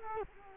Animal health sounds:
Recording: mosquito wingbeat signal from an infrared sensor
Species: Culex quinquefasciatus

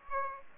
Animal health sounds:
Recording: mosquito wingbeat signal from an infrared sensor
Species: Aedes aegypti

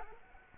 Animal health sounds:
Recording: mosquito wingbeat signal from an infrared sensor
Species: Culex quinquefasciatus

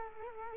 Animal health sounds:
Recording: mosquito wingbeat signal from an infrared sensor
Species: Culex quinquefasciatus

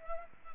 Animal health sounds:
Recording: mosquito wingbeat signal from an infrared sensor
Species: Culex pipiens

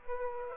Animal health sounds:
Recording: mosquito wingbeat signal from an infrared sensor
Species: Aedes aegypti

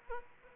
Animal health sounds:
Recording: mosquito wingbeat signal from an infrared sensor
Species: Aedes aegypti

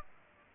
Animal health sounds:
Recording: mosquito wingbeat signal from an infrared sensor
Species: Aedes aegypti

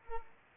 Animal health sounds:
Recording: mosquito wingbeat signal from an infrared sensor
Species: Culex pipiens

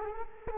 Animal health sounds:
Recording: mosquito wingbeat signal from an infrared sensor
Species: Culex quinquefasciatus

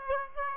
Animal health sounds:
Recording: mosquito wingbeat signal from an infrared sensor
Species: Aedes aegypti

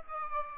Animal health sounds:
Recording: mosquito wingbeat signal from an infrared sensor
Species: Aedes aegypti

